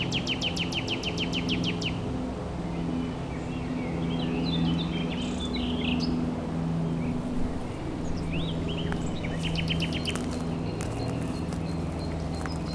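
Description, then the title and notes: Common Nightingale singing a fast rattling trill, then softer varied chirps and a second, later burst of sharp notes, against constant low-pitched hum and background noise. Near the Leysse river by a greenway, La Motte-Servolex, France; song seemingly triggered by a home-made Japanese knotweed thumb flute; nightingales singing to defend their territory. "Voie Verte, Rte de l'Église du Tremblay, 73290 La Motte-Servolex, France - Exciter les rossignols. Au bord de la Leysse , j'avais amené avec moi une flûte à pouces en renouée du japon de ma fabrication pour tester son influence sur le chant des oiseaux , il semblerai que cela déclenche le chant des rossignols qui veulent défendre leur territoire"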